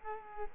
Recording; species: mosquito wingbeat signal from an infrared sensor; Culex quinquefasciatus